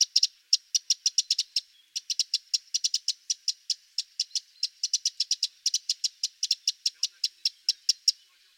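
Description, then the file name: Eurasian wren repeating crisp, scolding tick notes several times a second in steady bursts, the run broken by brief pauses. "Troglodytes troglodytes"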